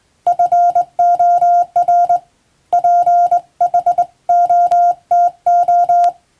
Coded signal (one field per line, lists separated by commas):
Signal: Morse code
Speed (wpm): 20 wpm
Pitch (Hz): 700 Hz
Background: music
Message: FOR PHOTO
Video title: プロの通信士！モールス符号を送信する無線通信士という職業があります。国家試験でモールスの実技試験を受けて免許を取得します。当時はアマチュア無線も大流行しましたね。morse code practice